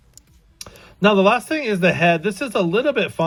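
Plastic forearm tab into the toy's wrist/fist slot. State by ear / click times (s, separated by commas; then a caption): seated / 0.6 s. A plastic forearm of a transforming robot toy is pushed in from the back so its tab enters the hole at the fist, and it clicks into the wrist slot at 0.6 s. A few faint ticks follow, and the arm is seated nice and secure. Someone then talks from about 1.0 s.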